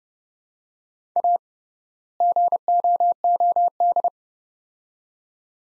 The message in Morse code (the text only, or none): A GOOD